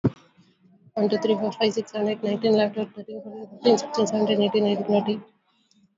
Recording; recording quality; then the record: counting at a fast pace; excellent, no background noise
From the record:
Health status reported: COVID-19 positive, no symptoms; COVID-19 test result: positive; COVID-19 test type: RT-PCR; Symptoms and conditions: cold, sore throat, fatigue, loss of smell and taste, diarrhoea, another condition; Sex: female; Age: 37 years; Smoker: no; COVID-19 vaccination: one dose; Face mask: worn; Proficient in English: yes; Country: India